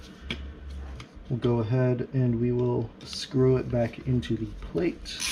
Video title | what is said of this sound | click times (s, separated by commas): HP Pavilion G7-2270US CPU Fan Replacement Guide | push them in with your finger doesn't take a whole lot of force you'll feel it click | 0.3 s